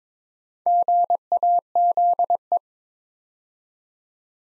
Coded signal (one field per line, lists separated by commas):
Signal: Morse code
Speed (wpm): 22 wpm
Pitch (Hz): 700 Hz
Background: none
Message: GAZE